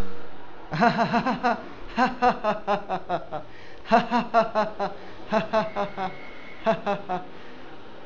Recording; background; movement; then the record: laughter; traffic; sitting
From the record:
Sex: male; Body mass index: 20.6 kg/m2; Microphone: on the chest, facing outward